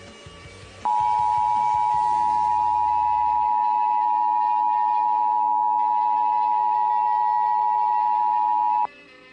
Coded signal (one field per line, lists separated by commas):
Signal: Emergency Alert System (SAME) tones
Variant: 853 and 960 Hz attention tone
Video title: TMYKs mini EAS Scenario I’m Going Back to 505 (REUPLOAD)